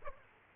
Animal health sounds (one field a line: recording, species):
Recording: mosquito wingbeat signal from an infrared sensor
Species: Aedes aegypti